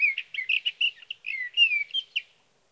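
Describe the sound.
Sage thrasher song, a quick run of warbled, whistled phrases with slurred rising and falling notes, clear against a silent background.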